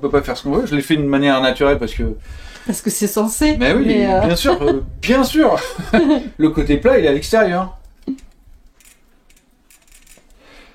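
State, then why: Not seated. Someone talks for about eight seconds while a metal quick link is lined up on a bicycle chain with its flat side facing outward, followed by a few faint, short handling ticks from about 8.1 s to 10.1 s. The link has not been clipped shut yet, so nothing has clicked.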